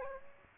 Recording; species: mosquito wingbeat signal from an infrared sensor; Aedes aegypti